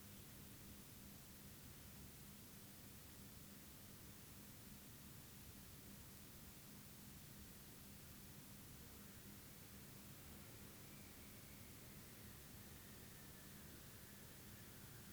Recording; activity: daily activity, guitar pickup as the sensor; stand